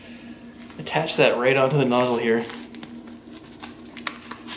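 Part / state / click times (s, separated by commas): air cuff hose clip onto inflation bulb nozzle / seated / 4.1 s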